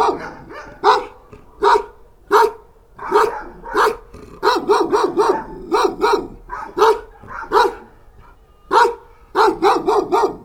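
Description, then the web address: Dogs barking in irregular runs, some barks overlapping, with a pause near the end. Watchdogs barking in a farmyard. "allathangok parasztudvar kutya hazorzokugatnak"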